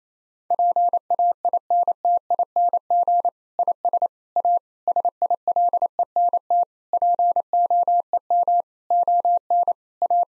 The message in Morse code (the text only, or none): PAINTING IS A SILENT POEM ON A